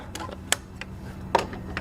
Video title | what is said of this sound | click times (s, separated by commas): BMW E46 Overheating Fix: Thermostat Replacement & Coolant Bleed | And we need to go ahead and push the hoses until until they snap. | 0.5 s